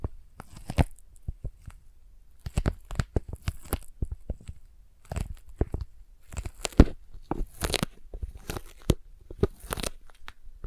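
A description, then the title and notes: Sticky tapping with tacky peeling and crackling sounds comes in dense clusters of quick, sharp taps, pausing briefly around two, five and eight seconds. The sounds are bright and crisp with soft low thumps. ASMR Intense Sticky Tapping and Sticky Triggers (No Talking).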